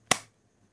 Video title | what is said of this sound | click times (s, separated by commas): Review: OtterBox Defender Case for Samsung Note 2 | nice click and as you can see you know that's not coming out um very F | 0.1 s